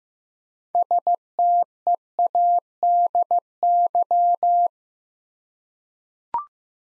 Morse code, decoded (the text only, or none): STEADY